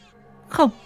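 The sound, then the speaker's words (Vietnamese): A single shrill cry of a newborn baby, umbilical cord still attached, bursts out of near silence, a brief, loud wail that slides downward in pitch before cutting off. “bò thoăn thoắt ở trên mặt đất hướng về chị Hợi, vừa bò vừa khóc choe choé”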